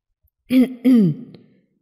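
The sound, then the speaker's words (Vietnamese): Two quick, dry coughs in close succession, each a short voiced bark with a rough, throat-clearing edge, the second trailing off into a faint rasp before silence. “Đinh Triệu Lan ho khan hai tiếng, nhìn về phía Bạch Ngọc Đường.”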